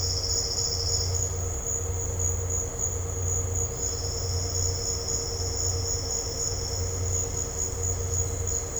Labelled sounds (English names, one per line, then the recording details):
none
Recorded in dense forest near Puerto Asís, Putumayo, Colombia, on 9 March 2025 at 16:30
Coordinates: 0.468, -76.322
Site GP01